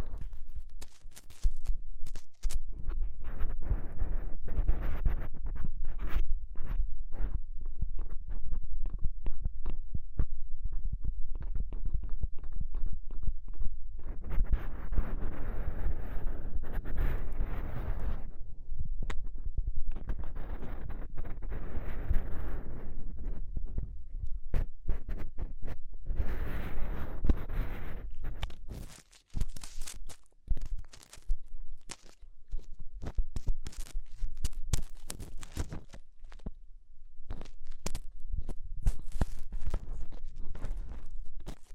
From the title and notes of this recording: ASMR Extremely Tingly Ear Exploration (No Talking).